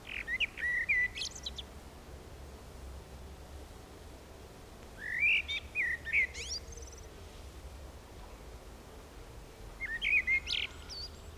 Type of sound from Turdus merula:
song